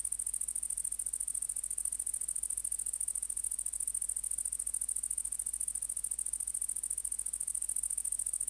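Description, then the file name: Great green bush-cricket song: a shrill, steady, high-pitched ticking buzz of fast pulses that continues without pause, over a faint low hum. "Tettigonia viridissima"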